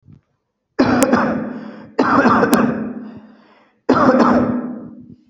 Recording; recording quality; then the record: shallow voluntary cough; excellent, no background noise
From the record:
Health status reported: respiratory illness, not identified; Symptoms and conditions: none ticked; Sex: male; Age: 34 years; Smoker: yes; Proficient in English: yes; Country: India